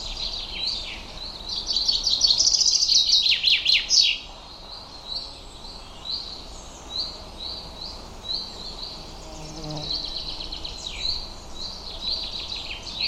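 Bird calls and song: soft repeated high notes, a loud two-second chirping trill, then more soft repeated notes and another brief trill near the end.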